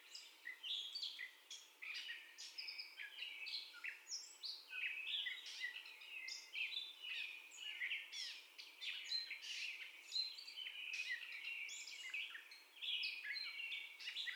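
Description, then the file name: Catbird in full song, a long rambling string of scratchy, mewing and squeaky notes with constant variation and almost no breaks. First song, recorded 30 May 2021 at 04:48. "2021-05-30 Catbird First Song"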